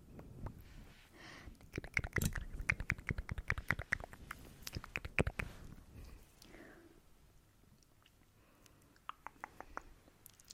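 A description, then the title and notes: Wet mouth sounds with dense clicks and smacks from about two to five seconds, then quieter sparse clicks and soft rustling. ASMR mouth sounds + hand movements.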